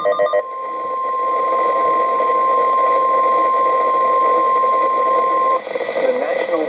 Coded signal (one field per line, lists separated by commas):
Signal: Emergency Alert System (SAME) tones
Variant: 1050 Hz attention tone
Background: speech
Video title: EVEN MORE Snow Squalls (I was home this time!) - EAS Alerts From 1/27/2026-1/28/2026 (EAS #569-578)